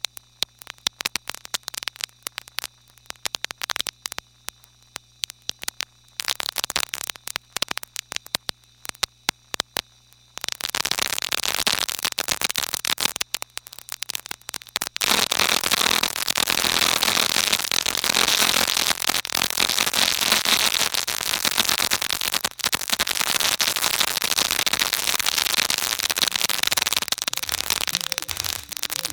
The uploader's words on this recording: Film tins filled with objects including nails, tacks, ball bearings and other miscellaneous objects. The film tins were then equipped with piezo microphones plugged into amps then placed atop upward facing speakers. Field recordings, synth tones and feedback were then mixed into the speakers with the film tins on top. The output was then captured by the microphones and piezos mixed by the second mixer and recorded by the reel-to-reel.